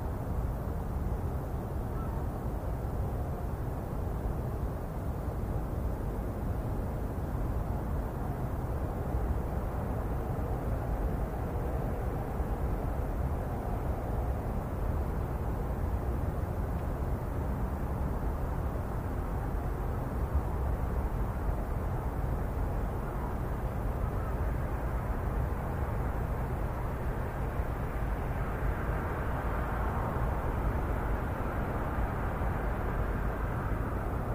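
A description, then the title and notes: A harbor town on a grey, foggy evening, heard as a steady low rumble that fills the whole recording without letting up. A faint vehicle or aircraft drone sits inside it, swelling slightly toward the end, with no distinct events breaking through. Foggy Harbor Town. We listen to the seren and realxing sounds of a Northeastern harbor twon on a very grey, foggy evening.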